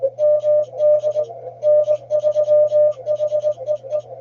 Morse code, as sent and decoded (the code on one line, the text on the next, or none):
-- -.. / -. ...-- .... . .
MD N3HEE